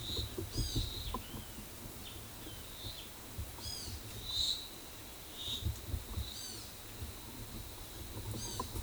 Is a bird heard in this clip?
yes